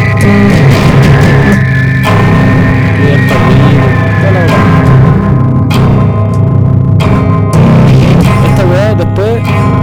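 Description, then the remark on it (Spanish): Short bursts of distorted screaming at the end of a song in a band rehearsal cut through a dense, loud wall of distorted guitars, with wavering pitched vocal lines rising near the end over a steady pulsing rhythm. “Al final hay como unos gritos con distorsión que no son muy largos y después de esa weá volvemos al riff del comienzo.”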